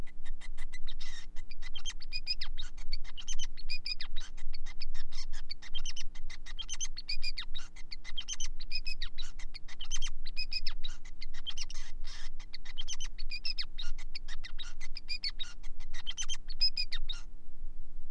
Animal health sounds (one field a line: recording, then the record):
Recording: song of a male Bengalese finch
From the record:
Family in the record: son of father 5